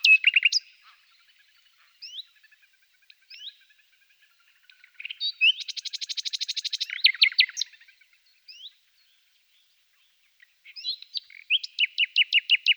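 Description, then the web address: Common nightingale song: quiet whistled notes, a dense buzzy trill, loud sharp notes, then a closing series of rapid repeated strokes. Several nightingales. "A természet hangjai - Fülemülék"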